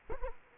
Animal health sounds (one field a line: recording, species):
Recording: mosquito wingbeat signal from an infrared sensor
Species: Culex quinquefasciatus